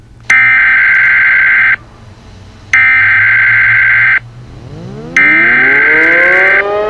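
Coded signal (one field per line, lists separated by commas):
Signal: Emergency Alert System (SAME) tones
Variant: header bursts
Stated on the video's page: Fictional EAS scenario about the hypothetical star Nemesis.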